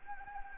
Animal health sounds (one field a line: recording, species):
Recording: mosquito wingbeat signal from an infrared sensor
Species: Anopheles gambiae